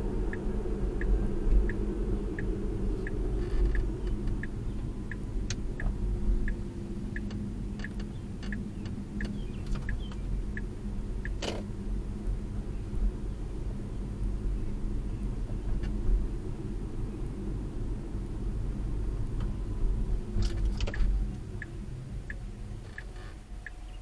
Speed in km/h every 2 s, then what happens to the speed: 42, 35, 26, 23, 23, 24, 26, 27, 29, 27, 19, 6.
0-6 slows to 23. 6-18 steady at about 26. 18-24 brakes to 6.